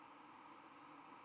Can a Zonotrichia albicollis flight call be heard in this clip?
no